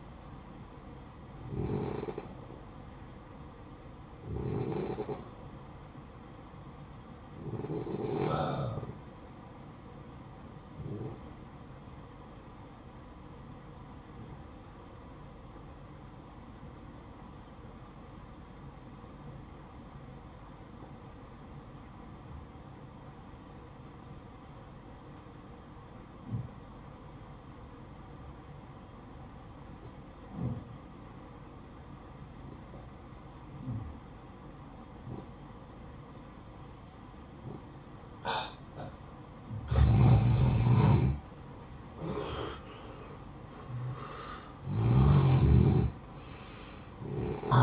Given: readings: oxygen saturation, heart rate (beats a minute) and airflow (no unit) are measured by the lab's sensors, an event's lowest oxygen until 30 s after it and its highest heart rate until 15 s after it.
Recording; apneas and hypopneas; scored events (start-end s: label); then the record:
breathing in sleep by a smartphone at the bedside; 1
15.00-41.40 s: obstructive apnea (N1, oxygen 95% highest, then 87% lowest, heart rate 60 at the start, 69 highest)
16.00-46.00 s: new sleep stage, N2 (light sleep)
46.00-47.63 s: new sleep stage, N1 (lightest sleep)
From the record:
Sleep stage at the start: N1 (lightest sleep); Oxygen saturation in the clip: 86 to 95%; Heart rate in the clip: 54 to 65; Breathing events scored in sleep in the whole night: 573 in 9.8 hours asleep